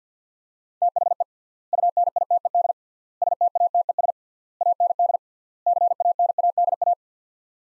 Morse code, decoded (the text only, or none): THE UNITED STATES AND CANADA